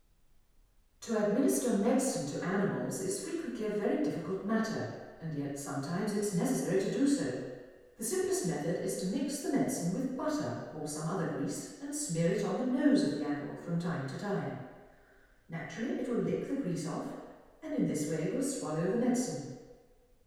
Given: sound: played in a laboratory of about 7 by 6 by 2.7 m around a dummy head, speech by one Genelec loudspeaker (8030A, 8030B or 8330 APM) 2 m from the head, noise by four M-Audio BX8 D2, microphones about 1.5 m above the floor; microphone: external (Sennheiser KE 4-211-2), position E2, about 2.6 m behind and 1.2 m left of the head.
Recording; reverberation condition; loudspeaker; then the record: female speech in English; high; 90 degrees to the right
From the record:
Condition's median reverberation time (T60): about 1300 ms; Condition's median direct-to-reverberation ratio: about -4.0 dB